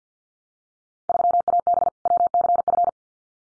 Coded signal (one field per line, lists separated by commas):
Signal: Morse code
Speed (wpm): 50 wpm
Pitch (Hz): 700 Hz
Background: none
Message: 3AB WCF